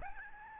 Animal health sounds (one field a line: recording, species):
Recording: mosquito wingbeat signal from an infrared sensor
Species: Aedes albopictus